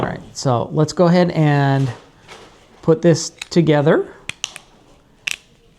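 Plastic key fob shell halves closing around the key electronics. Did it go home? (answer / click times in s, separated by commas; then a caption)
yes / 4.3 s, 4.4 s, 5.3 s. Someone talks as the two plastic halves of a Honda key fob shell are pressed together around the key's electronics. Sharp plastic snaps are heard at 4.3, 4.4 and 5.3 seconds, and the shell snaps shut and is seated.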